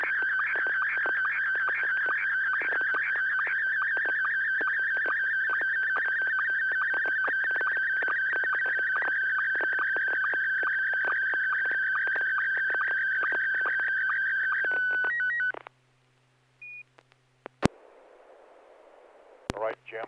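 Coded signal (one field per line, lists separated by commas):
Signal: SSTV (slow-scan television)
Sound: warbling scanning tone with rapid regular ticks for 15 seconds, then hiss and clicks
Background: hum, FM squelch hiss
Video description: Watch and interact with our members as we exchange Slow Scan Television images via amateur radio.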